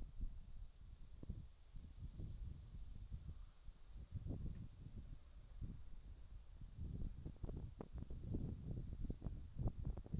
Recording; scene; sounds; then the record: everyday scene through a hearing-aid microphone; wind on the microphone; wind, birds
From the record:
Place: in front of a rural house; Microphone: in the ear canal, left